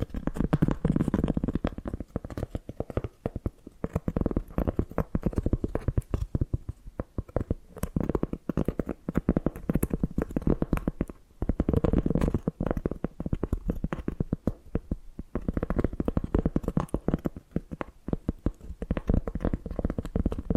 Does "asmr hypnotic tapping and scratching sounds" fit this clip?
yes